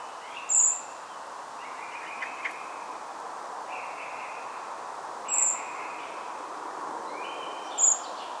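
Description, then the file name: Common blackbird calls: three thin, very high whistled notes spaced several seconds apart, with fainter mid-pitched warbled phrases between them over steady background hiss. "Turdus merula"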